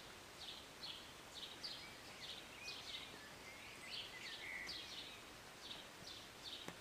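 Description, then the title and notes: Bird calls: sharp high chirps come in uneven pairs and runs, with one longer lower note midway, all over steady rainfall. Recorded on a city balcony on a Sunday morning during a short rain, birds singing and chirping. "Rainy Morning with Birds Chirping. Was sitting on my balcony on a Sunday morning, enjoying a cup of tea and the birds. Enjoy the short rain in the morning with birds singing and chirping beautifully. And an occasional plane. Believe it or not, this was recorded in the city"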